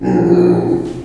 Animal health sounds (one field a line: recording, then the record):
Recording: squeal of a Yucatan mini pig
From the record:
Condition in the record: before surgery on the right vocal fold (resection and tissue-engineered implant)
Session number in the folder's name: 1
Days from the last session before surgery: -21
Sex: female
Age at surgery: 19 weeks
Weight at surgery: 25 kg